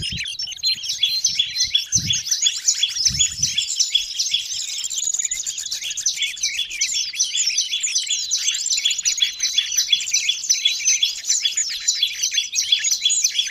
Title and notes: Master Burung Ribut Durasi Panjang. Burung Ribut Pikat